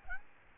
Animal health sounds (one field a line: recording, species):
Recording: mosquito wingbeat signal from an infrared sensor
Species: Aedes albopictus